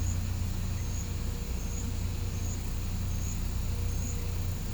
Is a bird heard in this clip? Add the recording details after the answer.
no. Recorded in pastures near Puerto Asís, Putumayo, Colombia, on 21 December 2024 at 09:30. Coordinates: 0.505, -76.324. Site G063